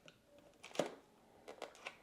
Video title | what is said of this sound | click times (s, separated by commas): 🔴 mon nouvel aspirateur Samsung JET75 | Je sais pas si vous entendez le le clic, | 0.8 s